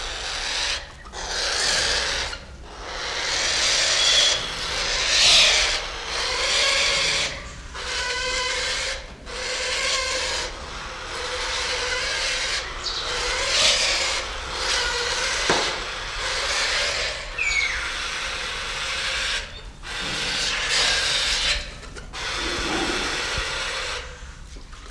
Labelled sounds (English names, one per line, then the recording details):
Spotted Thick-knee hissing
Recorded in captivity
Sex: pair
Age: adult
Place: Zoo Berlin, Berlin, DE
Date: 1993-01-30 11:20
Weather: -6° C, sonnig
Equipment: Marantz CP 430, Sennheiser ME 80, Kopie Uher Variocord 263
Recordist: Tembrock, Günter